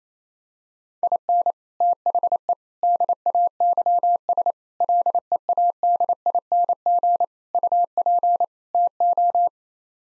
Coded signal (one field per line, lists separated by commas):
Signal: Morse code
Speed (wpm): 28 wpm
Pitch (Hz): 700 Hz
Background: none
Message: IN THE DAYS LEADING UP TO